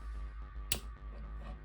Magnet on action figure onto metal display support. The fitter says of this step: is, the click, a very loud click.